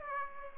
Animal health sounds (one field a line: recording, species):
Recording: mosquito wingbeat signal from an infrared sensor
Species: Aedes aegypti